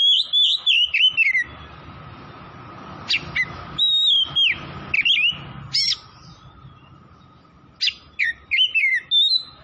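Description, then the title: Oriental magpie-robin song of sweet descending whistles and sharp chips, given in bursts with short gaps, over a low steady hum. Tretes variety, singing vigorously (gacor). "Kacer Tretes"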